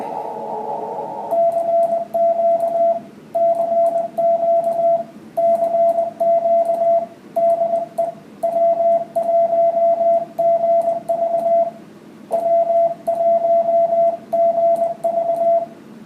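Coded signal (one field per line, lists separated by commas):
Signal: Morse code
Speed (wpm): 20 wpm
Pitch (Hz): 680 Hz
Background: radio noise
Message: CQ CQ CQ DE W1GV W1GV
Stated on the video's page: Band watch across many frequencies, few stations active mainly on 20 meters, with 21 MHz band wide open.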